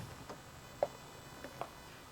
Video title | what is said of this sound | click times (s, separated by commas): The Large Salad Table Assembly | they'll just click into place | 0.8 s, 1.6 s